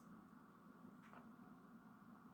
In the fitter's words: push the new connector on until you hear those tabs snap in place